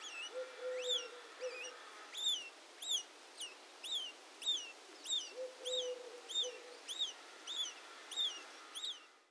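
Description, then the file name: House sparrow calling with a long series of loud, rising-falling chirps and a soft low drawn note heard twice beneath them. "Passer domesticus"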